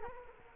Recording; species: mosquito wingbeat signal from an infrared sensor; Culex quinquefasciatus